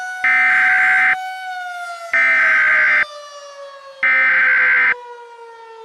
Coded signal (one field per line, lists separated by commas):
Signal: Emergency Alert System (SAME) tones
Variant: header bursts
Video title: *VALID TONES* Hellmo (EAS Scenario)